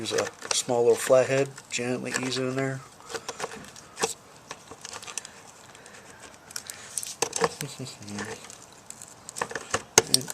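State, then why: Released. A small flathead screwdriver is gently eased in to pry a small plastic retaining clip out of a car trim or cover panel on a 2001 Subaru Outback. Someone talks at first, then scraping and small ticks are heard as the tool works. The clip pops right out with a sharp snap at 10.0 seconds and lands in the worker's glasses.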